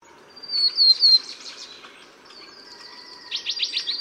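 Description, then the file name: Taiwan yellow tit calls: high, thin slurred notes, then a quick burst of repeated sharp descending chirps near the end. "黃山雀"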